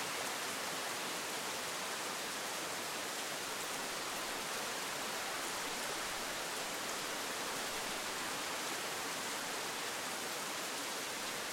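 Hard rain pours down in a steady, dense hiss, unchanging from start to finish and bright, with no breaks or separate drops standing out.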